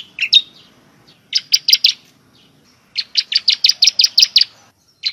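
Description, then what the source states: Bar-winged Prinia song in short clusters of bright, high chirps separated by brief silences. Ciblek song of the style called 'semi'.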